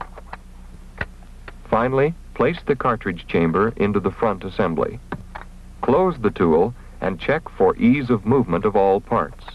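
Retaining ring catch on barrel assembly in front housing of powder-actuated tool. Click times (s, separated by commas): 1.0 s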